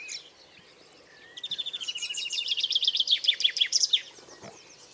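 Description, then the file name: European greenfinch producing a long rolling trill of rapid repeated notes that grows louder and mixes with higher twittering chirps before fading out. "Chloris chloris"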